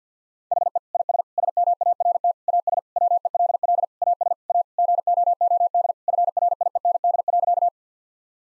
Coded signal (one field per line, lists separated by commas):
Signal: Morse code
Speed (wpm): 47 wpm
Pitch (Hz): 700 Hz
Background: none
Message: HE IS SMART AS WELL AS A GOOD FRIEND.